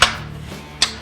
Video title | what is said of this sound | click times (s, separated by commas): Versa - DEMO - Little Giant Ladder Systems - CC | always make sure that the lock tabs are completely seated and locked into place | 0.0 s, 0.8 s